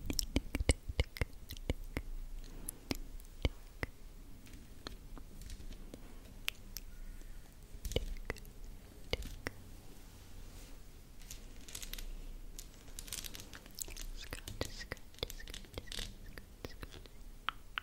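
Soft scratching and brushing of hands against a face, with quick dry strokes and taps arriving irregularly, denser in the first couple of seconds and again around fourteen to sixteen seconds. A faint low hum sits underneath.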